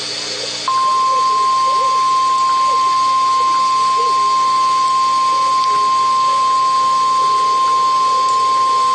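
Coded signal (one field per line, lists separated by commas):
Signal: Emergency Alert System (SAME) tones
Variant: 1050 Hz attention tone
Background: speech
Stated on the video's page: NOAA Weather Radio station WXJ88 relaying EAS tones for two severe thunderstorm warnings.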